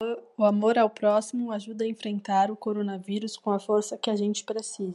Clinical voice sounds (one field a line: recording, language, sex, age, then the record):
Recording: spoken sentence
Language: Brazilian Portuguese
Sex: female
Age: 20 to 29 years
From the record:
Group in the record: control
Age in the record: 28 years